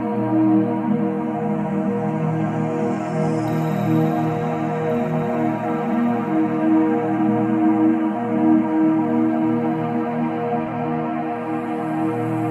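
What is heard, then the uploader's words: Binaural beats: a steady, dense layering of sustained tones, strongest in the low and middle range, held at an even level for the whole stretch with no breaks or events. A faint high airy hiss drifts in and out above. Soothing Binaural Beats. High frequency soundscapes.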